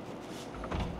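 A sliding door lock in a door frame in a resort room is worked by hand after being found unlocked, giving soft handling noise, a low rumble and a brief sharp tap near 0.6 s. Nothing has latched or clicked into place yet by the end of the clip.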